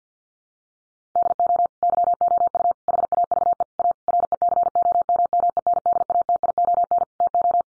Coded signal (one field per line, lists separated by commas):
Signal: Morse code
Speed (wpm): 48 wpm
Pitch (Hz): 700 Hz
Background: none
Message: DO YOU HAVE A RECOMMENDATION TO